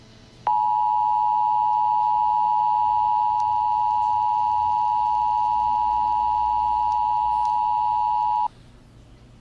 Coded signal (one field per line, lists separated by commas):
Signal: Emergency Alert System (SAME) tones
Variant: 853 and 960 Hz attention tone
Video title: Aliens Sending A Warning To Humans EAS Mock